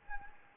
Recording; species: mosquito wingbeat signal from an infrared sensor; Anopheles gambiae